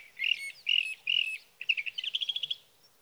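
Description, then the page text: Sage thrasher song, three spaced warbled phrases, then a rapid even trill of short repeated notes. Male singing near his night roost through three nights, evening of June 12 to morning of June 15, 2018, Sierra Valley, California; Swift recorder placed near roost; night songs. "Birdsong for the Curious Naturalist: Explore #7. 61. Sage thrasher songs, through the night"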